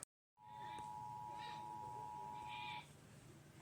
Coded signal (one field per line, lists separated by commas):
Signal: Emergency Alert System (SAME) tones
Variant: 853 and 960 Hz attention tone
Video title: eas alarms part 6?